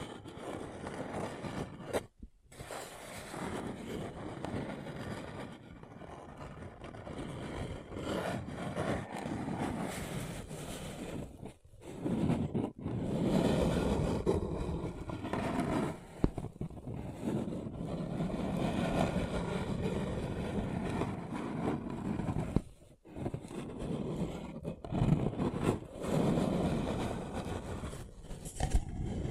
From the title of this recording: Paper Cup Tingles